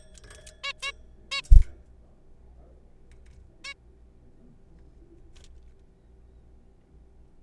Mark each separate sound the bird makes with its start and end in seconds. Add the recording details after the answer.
0.64-0.72, 0.82-0.91, 1.31-1.42, 3.65-3.74. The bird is a juvenile. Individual R3428